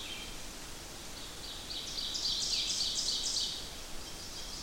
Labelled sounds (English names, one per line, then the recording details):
Ovenbird song
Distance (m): 35 m
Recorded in boreal forest in Alberta, Canada, on 8 June 2016 at 06:01
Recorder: SongMeter 3, array SBT-3-9
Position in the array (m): 50 m, 107 m
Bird 33